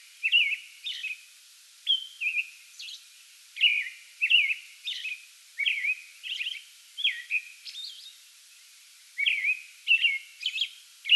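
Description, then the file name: American robin singing a long series of whistled caroling phrases, grouped in bursts with short pauses, some high thin notes interspersed. Pre-dawn song bout recorded 8 May 2022. "2022-05-08 American Robin pre-dawn song bout"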